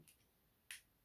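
The plastic head of a transforming robot figure is worked out of its ball socket in the torso, giving a faint tick at 0.1 s and then a sharp snap at 0.7 s. The head comes free of its socket.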